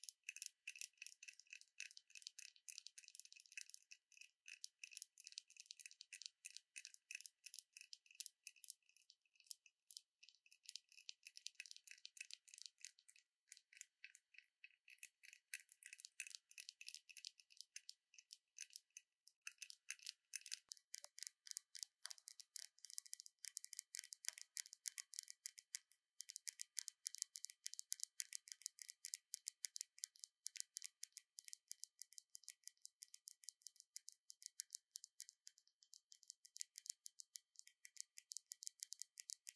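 A glass wind bell cup is tapped in rapid, dense runs of bright, tinkling clicks that continue for the whole stretch, with brief thinner gaps near ten and fifteen seconds. After about twenty seconds the tapping grows louder and busier, with faint ringing tones underneath.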